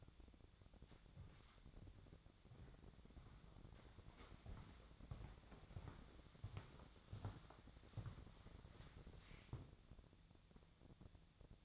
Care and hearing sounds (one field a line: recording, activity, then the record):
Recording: daily activity, microphone in the room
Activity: walk to room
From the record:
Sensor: 3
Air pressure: 1000.0 hPa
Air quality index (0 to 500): 122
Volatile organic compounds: 2 ppm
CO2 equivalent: 1098 ppm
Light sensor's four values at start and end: 43/106/47/52 and 42/102/45/49